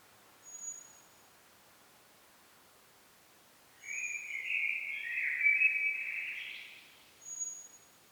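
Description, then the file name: Common blackbird singing a single warbled phrase, with a few brief very high thin notes around it. "Turdus merula"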